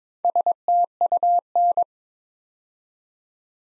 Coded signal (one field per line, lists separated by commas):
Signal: Morse code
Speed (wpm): 22 wpm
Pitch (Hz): 700 Hz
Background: none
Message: STUN